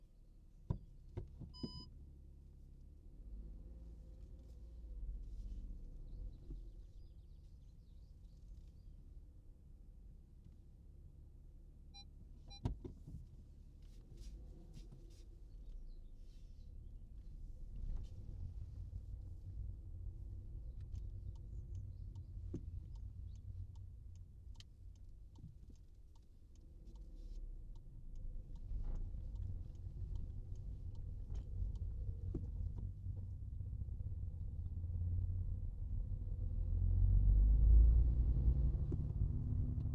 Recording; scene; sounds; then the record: everyday scene through a hearing-aid microphone; in a vehicle; driving off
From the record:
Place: Skoda Fabia, gasoline engine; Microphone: in the ear canal, right